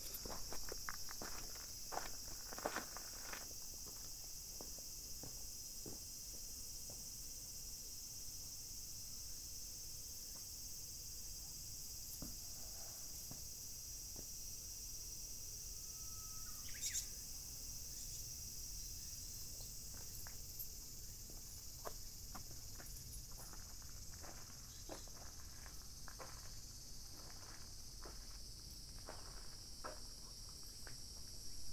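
A field recording from Kyoto, Japan, where a dense, unbroken layer of insect song fills the high range for the whole half minute. Beneath it come frequent scattered clicks and light scuffs, like footsteps, plus a brief higher chirp near seventeen seconds.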